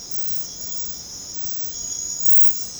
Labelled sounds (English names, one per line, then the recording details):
none
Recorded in secondary vegetation near Puerto Asís, Putumayo, Colombia, on 21 December 2024 at 05:00
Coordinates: 0.499, -76.323
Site G010